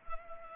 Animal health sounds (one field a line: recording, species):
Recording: mosquito wingbeat signal from an infrared sensor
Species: Culex pipiens